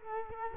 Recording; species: mosquito wingbeat signal from an infrared sensor; Culex quinquefasciatus